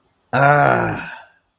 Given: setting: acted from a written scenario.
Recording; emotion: vocal sound without words; contentment